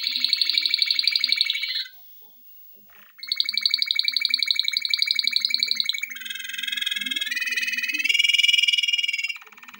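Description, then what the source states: Canary song with rapid mechanical trills, a brief pause, then more fast rolls and a bright, richer warbling section, all in quick steady pulses. Intended for training.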